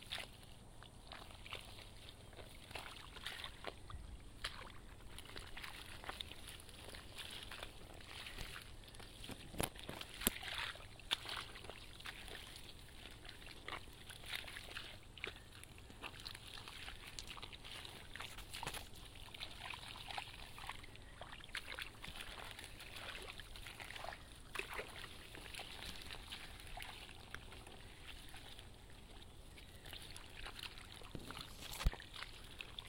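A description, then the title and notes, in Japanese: Hand weeding in a flooded rice paddy: continuous wet sloshing and swishing as hands work through water and mud, with frequent small splashes and clicks throughout. A faint steady low hum and a thin high hiss run underneath. 環境音 田んぼ除草 手で仕上げwith作業参加の学生さん。今日はさらに残った大きい草を手で抜き、土へ埋める作業です。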